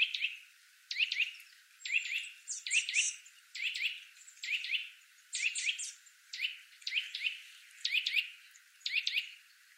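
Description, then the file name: Eurasian nuthatch repeating high, clipped calls in short bursts roughly once a second, each burst of two or three rapid notes. "Sitta europaea"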